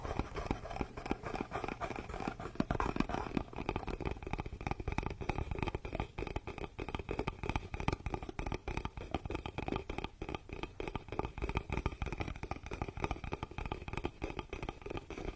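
Wooden massage tools scrape and knock steadily, dense, rapid rubbing strokes with a low, muffled texture throughout.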